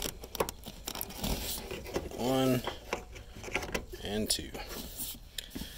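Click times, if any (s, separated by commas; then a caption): 5.4 s. Someone talks while the second of two wiring harness electrical connectors is slid onto the plastic top of the fuel pump module on a 1998 Buick Regal GS during a fuel pump replacement. A single sharp click is heard at 5.4 s as the connector seats home, amid earlier light handling ticks and scrapes.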